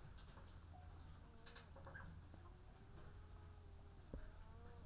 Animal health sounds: poultry house recording; sick chickens (respiratory disease)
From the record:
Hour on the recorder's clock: 14

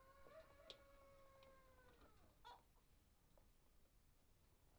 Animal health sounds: poultry house recording; healthy chickens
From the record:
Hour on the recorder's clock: 1

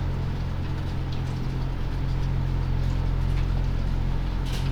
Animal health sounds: poultry house recording; sick chickens (respiratory disease)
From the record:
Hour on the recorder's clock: 23

